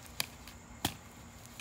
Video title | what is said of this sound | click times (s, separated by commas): How To Install French Drain | snaps in there | 0.2 s, 0.8 s